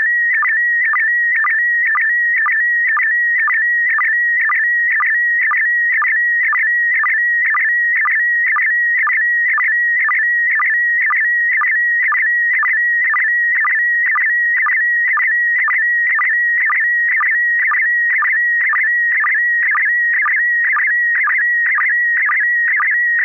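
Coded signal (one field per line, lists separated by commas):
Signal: SSTV (slow-scan television)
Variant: PD120 mode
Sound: steady warbling tone around 1.9 kHz, interrupted by short low chirps about twice a second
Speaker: affirmative this is going to be uh pd1 120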